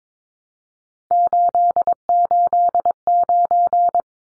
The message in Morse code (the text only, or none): 889